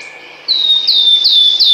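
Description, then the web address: Wood warbler song: a brief faint tone, then a run of loud, slurred, falling whistled notes repeated in quick succession. "Kurs PTTK Przyroda Ptaki Świstunka leśna"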